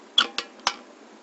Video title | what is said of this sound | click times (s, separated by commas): Ubiquiti Networks - LiteBeam M5 - Assembly (by the book) | you should hear it snap I don't know if you're gonna hear it on the camera or not there was that little pop right there | 0.2 s